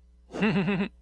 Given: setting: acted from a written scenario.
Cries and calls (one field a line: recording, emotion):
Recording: vocal sound without words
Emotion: positive surprise